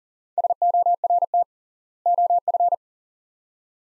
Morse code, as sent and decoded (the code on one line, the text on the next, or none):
... --- .-. - / --- ..-.
SORT OF